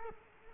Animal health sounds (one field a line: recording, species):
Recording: mosquito wingbeat signal from an infrared sensor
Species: Culex quinquefasciatus